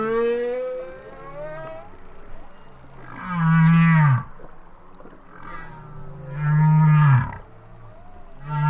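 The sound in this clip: Whale song of long harmonic moans, some rising slowly, alternating with short loud swelling cries roughly every three seconds.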